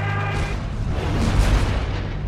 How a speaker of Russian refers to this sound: Столб воды и пены, поднятый мощным взрывом, на мгновение закрыл лодку от глаз капитана-лейтенанта.